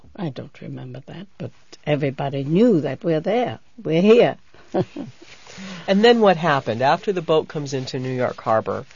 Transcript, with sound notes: I don't remember that, but everybody knew that we're there, we're here. ( she laughs )
And then what happened? After the boat comes into New York Harbor,